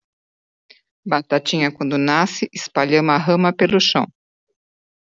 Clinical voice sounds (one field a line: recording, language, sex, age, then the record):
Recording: short text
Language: Brazilian Portuguese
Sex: female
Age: 50 to 59 years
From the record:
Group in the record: control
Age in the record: 57 years